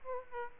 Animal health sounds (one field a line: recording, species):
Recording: mosquito wingbeat signal from an infrared sensor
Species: Aedes aegypti